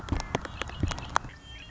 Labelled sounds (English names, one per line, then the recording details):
Red-winged Blackbird
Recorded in Sonoma County, California